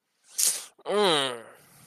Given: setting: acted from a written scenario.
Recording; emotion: vocal sound without words; disappointment